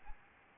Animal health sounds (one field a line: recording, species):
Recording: mosquito wingbeat signal from an infrared sensor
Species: Aedes albopictus